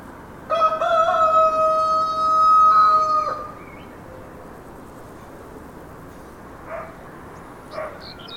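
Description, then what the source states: Rooster giving one loud, long crow of about three seconds, rich in harmonics, followed by quiet background with a few faint sounds. Roosters in a background ambience recording.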